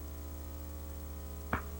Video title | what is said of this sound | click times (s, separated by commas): Home Right Products 'How To Paint' Promo VHS (1996 Version) | Then just push down till it snaps into place. | 1.5 s